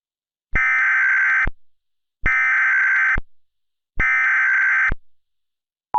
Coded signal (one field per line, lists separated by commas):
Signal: Emergency Alert System (SAME) tones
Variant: header bursts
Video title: Monstrous Eruption - An EAS Scenario